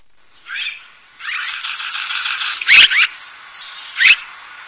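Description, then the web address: Bird giving harsh, squealing calls in a dense, buzzy run, with two louder notes later. Recorded in Higashiosaka, Japan. "higashiosaka bird koe"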